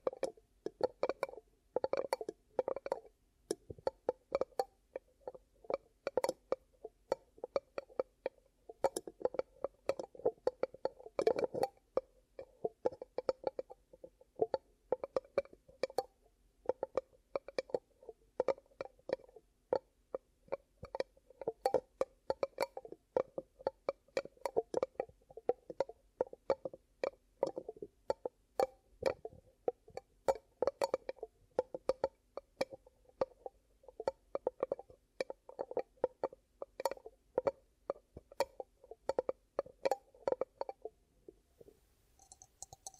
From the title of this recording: ASMR 10 Ear Cupping Triggers